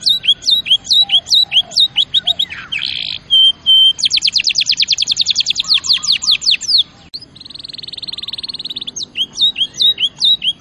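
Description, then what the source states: Canary song: rapid series of descending whistled notes, a buzzy burst near three seconds, a long fast rattling trill, then a steady buzzing tone and more downslurred notes. Champion canary song used as a master recording for training other birds.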